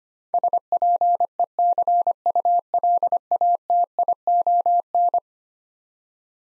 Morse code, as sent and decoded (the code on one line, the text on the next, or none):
... .--. . -.-. ..- .-.. .- - .. --- -.
SPECULATION